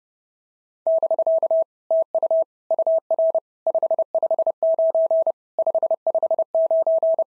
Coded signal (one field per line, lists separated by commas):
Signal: Morse code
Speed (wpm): 30 wpm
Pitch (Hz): 650 Hz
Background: none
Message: <BK> TU UR 559 559